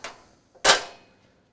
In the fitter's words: that just clicks into place